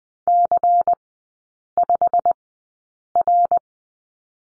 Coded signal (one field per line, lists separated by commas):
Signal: Morse code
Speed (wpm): 20 wpm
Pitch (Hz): 700 Hz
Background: none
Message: C5R